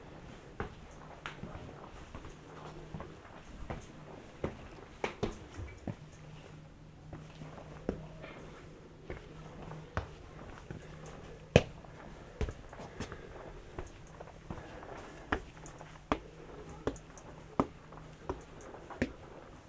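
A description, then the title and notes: Footsteps click sharply and steadily while walking through a town, with a noticeably louder step or knock around the middle. A low, steady hum comes and goes underneath, and faint voices murmur in the background. Walking through Piran, Slovenia. Recorded with binaural microphones Roland CS10EM, on my head, with a Zoom H1n.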